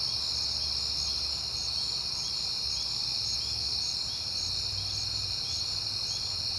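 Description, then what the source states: Crickets trilling in a continuous shrill chorus, with one higher voice pulsing in repeated short chirps. Crickets at night in September on a peaceful night.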